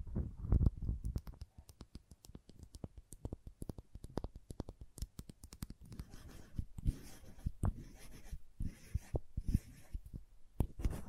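Crayons tap and click in quick irregular bursts, with a louder thump early on and scratchy drawing strokes filling the last five seconds.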